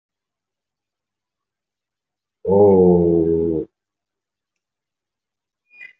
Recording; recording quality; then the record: sustained vowel as in boot; excellent, no background noise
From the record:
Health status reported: healthy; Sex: male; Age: 22 years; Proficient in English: no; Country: India